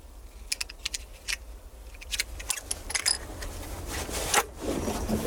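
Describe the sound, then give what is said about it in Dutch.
Bullets are loaded into a hunting rifle for a beaver hunt in Limburg: a string of sharp metallic clicks and clacks at an irregular pace, some bright and ringing, over a steady low hum with no voices. “Ik heb mijn geweer. En dan gaan kogels. Die gaan erin.”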